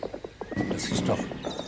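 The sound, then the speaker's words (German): A horse gives a loud, wavering whinny over a rhythmic clatter of hooves as a woman and a man ride on horseback, with a high tonal squeal rising and falling across the second half. “Eine Frau und ein Mann zu Pferde.”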